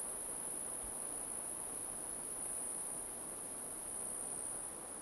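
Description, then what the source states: Cricket chorus, a continuous shrill high trill with no pauses, layered over steady background noise. Crickets in an alpine forest.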